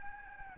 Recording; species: mosquito wingbeat signal from an infrared sensor; Aedes albopictus